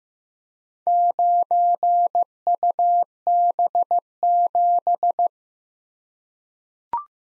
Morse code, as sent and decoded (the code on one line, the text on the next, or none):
----. ..- -... --...
9UB7